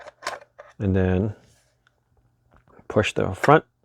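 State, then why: Not seated. A folded DJI Mini 4 Pro drone body is being fitted into a 3D-printed plastic magnetic carrying case cradle, back end down first, before the front is pushed down. Someone talks while faint, brief handling taps sound between the words. The drone has not seated or clicked into place yet when the clip ends.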